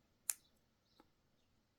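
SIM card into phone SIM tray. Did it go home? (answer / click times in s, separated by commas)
yes / 0.3 s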